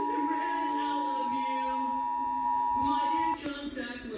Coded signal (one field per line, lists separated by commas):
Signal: Emergency Alert System (SAME) tones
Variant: 853 and 960 Hz attention tone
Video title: EAS #162 Severe Thunderstorm Warning